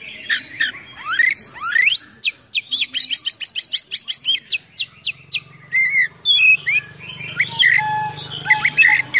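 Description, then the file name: Oriental magpie-robin song of rising whistles and rapid chattering note series, varied phrases in quick succession. Full song with imitations, described as gacor (singing persistently) with full isian (mimicked filler songs). "KACER GACOR FULL ISIAN MEWAH"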